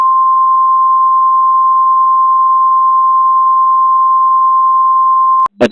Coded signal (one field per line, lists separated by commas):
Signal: Emergency Alert System (SAME) tones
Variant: 853 and 960 Hz attention tone